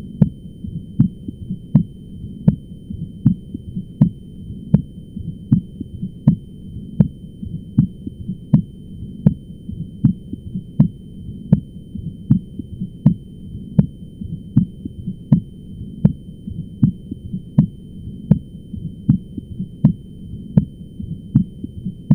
Split S2.